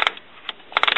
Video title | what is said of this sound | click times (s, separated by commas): 4 Colors 100ml Dye Sublimation Ink For Epson Printer | There's a click. | 0.8 s